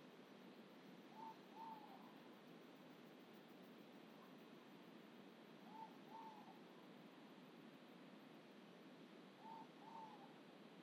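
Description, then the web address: Ivory-breasted pitta call: soft paired whistles at a middle pitch, each pair repeated about every four seconds, three pairs in all, over steady hiss. Indonesia. "ULM-DS-Lab indonesian-bird-sounds. Pitta maxima"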